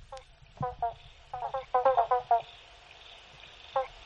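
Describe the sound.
Frogs giving quick clucking pulse trains, several bursts crowded together midway, then a lone burst near the end, over low rumbling background noise.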